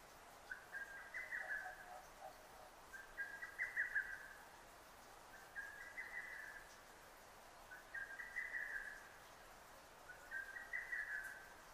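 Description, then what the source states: Lesser cuckoo song, a hurried stuttering string of whistled notes repeated steadily about every two and a half seconds, five phrases in all. Recorded on 6 June 2009.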